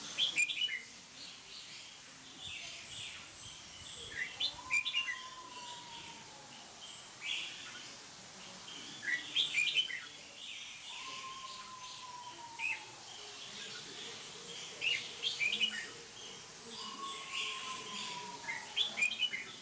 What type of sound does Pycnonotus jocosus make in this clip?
song